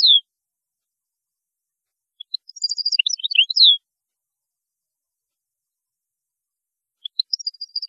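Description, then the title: European goldfinch song, a high twittering phrase of tinkling and slurred notes, then a pause and another short twittering start. "Chant Chardonneret"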